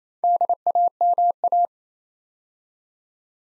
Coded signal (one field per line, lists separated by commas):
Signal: Morse code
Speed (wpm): 28 wpm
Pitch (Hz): 700 Hz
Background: none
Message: DAMA